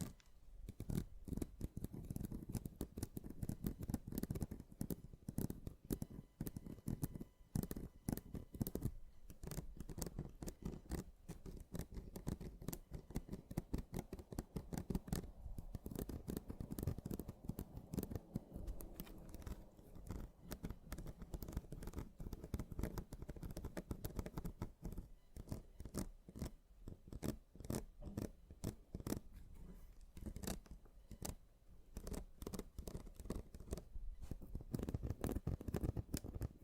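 Mini scratching runs nonstop for the whole stretch, a dense, rapid rasp of short strokes, mostly low and rough with brief pauses.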